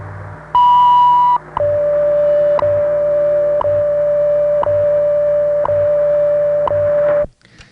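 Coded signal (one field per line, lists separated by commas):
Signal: radio time signal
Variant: WWV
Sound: long high beep, then steady lower hum interrupted by a tick every second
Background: radio static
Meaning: The long 1000 Hz tone marks the start of the minute, here 01:05 UTC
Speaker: tone one hour five minutes coordinated universal time that was 15 megahertz on April 28th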